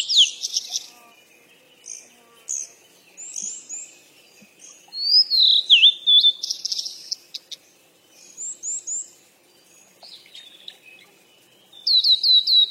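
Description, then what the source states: Birds chirping in scattered bursts: high whistled slurs, sharp tweets and a final run of repeated clear notes, with brief quiet gaps between phrases. Birds playing.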